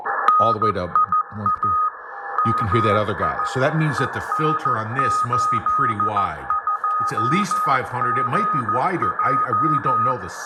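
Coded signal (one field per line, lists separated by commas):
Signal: Morse code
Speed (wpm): 14 wpm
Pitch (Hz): 1250 Hz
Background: speech, radio noise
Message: NIA MI EN82GJ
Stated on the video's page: Morse compared on Icom 9500 and Icom 75 receivers.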